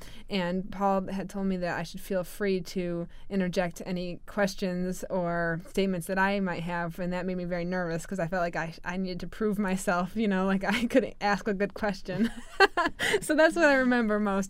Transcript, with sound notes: And Paul had told me that I should feel free to interject any questions or statements that I might have, and that made me very nervous because I felt like I, I needed to prove myself, you know, like I could ask a good question. (she laughs) So that's what I remember most.